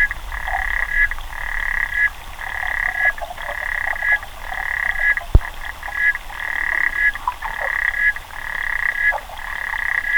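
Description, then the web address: Clawed frog calling in buzzy, metallic trill bursts about half a second long, repeated roughly once a second, with a sharp knock midway. "sounds xenopus"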